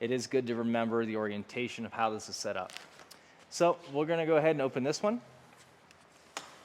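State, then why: Seated. Someone talks while a folding arm on a vehicle-mounted folding frame is swung open, and a sharp click sounds at 6.4 s as the arm's corner hinge locks in place. A pull-tab lock at the hinge holds the arm rigid, and the arm is seated and locked open.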